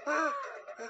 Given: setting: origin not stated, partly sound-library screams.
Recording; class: one-second piece from a danger detection set; woman in danger